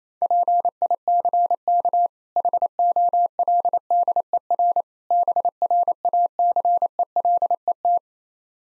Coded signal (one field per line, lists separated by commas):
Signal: Morse code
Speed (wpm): 28 wpm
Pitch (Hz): 700 Hz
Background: none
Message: PICK HOLDER BRACELET